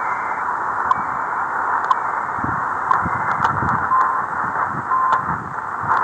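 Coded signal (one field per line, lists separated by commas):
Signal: radio time signal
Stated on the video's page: CHU Canada time signal on 3330 kHz, received 4057 km away in Panama City.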